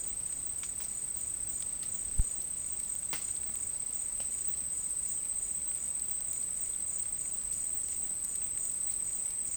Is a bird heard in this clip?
no